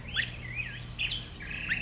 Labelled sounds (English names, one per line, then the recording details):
Black-headed Grosbeak
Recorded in Sonoma County, California